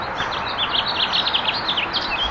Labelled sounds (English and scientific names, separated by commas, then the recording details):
House Finch (Haemorhous mexicanus) song
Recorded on Long Island, New York, on 28 May 2012
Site RH
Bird A